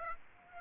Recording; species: mosquito wingbeat signal from an infrared sensor; Aedes aegypti